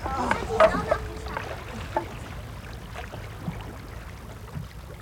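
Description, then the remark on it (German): Steady wash of moving floodwater in a flooded town, with a cluster of sharper splashes and knocks early on, like oars dipping and rowing boats bumping through the water by the town hall, then a softer, continuous sloshing. “Aber der Ort steht unter Wasser, Mr. Eklund. Da am Rathaus gehen Sie in die Boote.”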